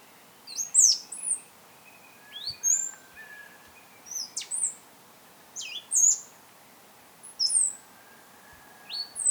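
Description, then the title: Black-crested Warbler making quick, piercing, downward-sweeping chip notes in irregular groups, spaced unevenly throughout, with a soft continuous background hiss. "Myiothlypis Nigrocristata"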